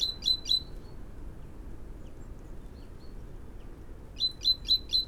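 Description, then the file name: Great tit calling in short series of sharp high chirps, one burst at the start and another near the end, over steady low noise. "Parus major"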